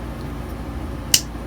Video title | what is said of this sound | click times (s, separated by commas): 글록 G34 컴페티션 트리거 trigger adjustment 4.5lb→3lb | 이런 식으로 딸깍 소리가 날 때까지 밀어 넣어 주시면 | 1.1 s